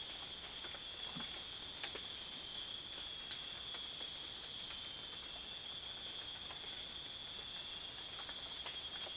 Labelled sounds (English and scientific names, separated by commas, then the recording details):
none
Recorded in dense forest near Puerto Asís, Putumayo, Colombia, on 24 June 2025 at 23:00
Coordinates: 0.484, -76.325
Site H65